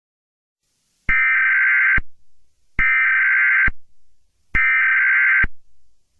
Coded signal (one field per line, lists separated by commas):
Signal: Emergency Alert System (SAME) tones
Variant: header bursts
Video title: EAS Scenario 1: Red Mist (Squidward Creepypasta) (100 subscriber special)